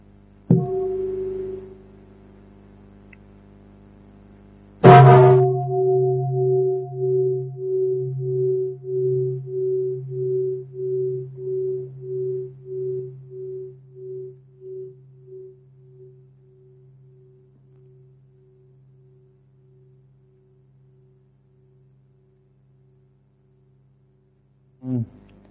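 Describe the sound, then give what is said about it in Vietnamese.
A meditation bell, invited during a Buddhist Dharma talk as a cue for mindful breathing, is first touched softly, then struck fully. Its deep, warm tone hangs and pulses slowly as it fades over about twenty seconds before another light strike at the end. “Bây giờ chúng ta nghe một tiếng chuông nữa, và chúng ta thở vào tâm tĩnh lặng, thở ra miệng mỉm cười 3 lần trước khi chúng ta tiếp tục.”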